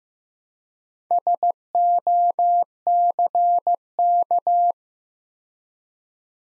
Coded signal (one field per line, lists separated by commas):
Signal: Morse code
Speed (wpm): 15 wpm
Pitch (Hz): 700 Hz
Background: none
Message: SOCK